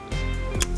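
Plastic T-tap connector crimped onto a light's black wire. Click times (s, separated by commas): 0.6 s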